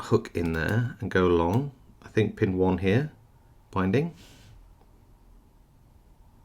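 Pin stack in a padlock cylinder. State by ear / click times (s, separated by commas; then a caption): not seated / none. A small hook pick works pin 1 of a vintage 60mm thick-shackle Corbin padlock while a turning tool holds tension, as someone talks in short bursts. The pin stack is binding, but no pin has set at the shear line yet, and the clip ends in low, quiet background noise.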